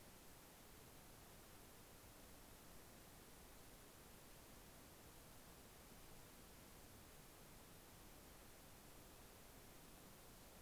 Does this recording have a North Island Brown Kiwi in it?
no